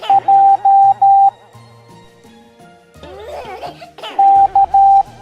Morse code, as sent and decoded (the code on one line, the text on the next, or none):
.--- / -.-
J K